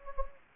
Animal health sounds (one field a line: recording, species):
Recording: mosquito wingbeat signal from an infrared sensor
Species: Anopheles gambiae